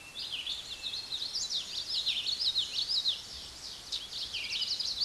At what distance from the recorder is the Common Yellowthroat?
about 10 m